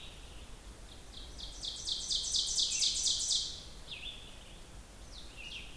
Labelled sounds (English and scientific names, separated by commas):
Ovenbird (Seiurus aurocapilla) song